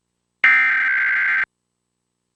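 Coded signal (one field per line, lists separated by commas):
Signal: Emergency Alert System (SAME) tones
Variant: header bursts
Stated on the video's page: National EAS test activation captured from a Seattle TV station.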